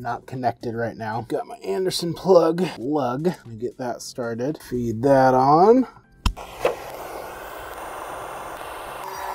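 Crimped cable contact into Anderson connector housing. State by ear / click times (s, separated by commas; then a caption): seated / 6.3 s. Someone talks while feeding a crimped lug on a battery cable into a plastic Anderson plug housing. A sharp click at 6.3 s marks the contact seating and locking in place, followed by a softer tap at 6.7 s and steady background music.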